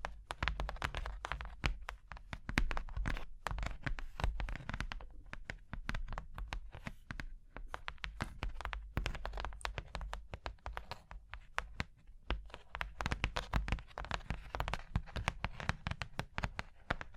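Fingers tap, scratch and trace across a surface in a dense, uneven stream of sharp clicks and scrapes that runs the whole time. Brief thinner patches come around five, seven and twelve seconds, and a steady low hum sits underneath throughout.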